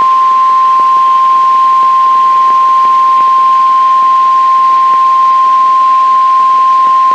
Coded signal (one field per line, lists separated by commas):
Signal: Emergency Alert System (SAME) tones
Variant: 1050 Hz attention tone